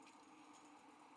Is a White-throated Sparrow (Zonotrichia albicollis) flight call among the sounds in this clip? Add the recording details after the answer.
no. No flight call is heard. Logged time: 07:17 on 5 December 2014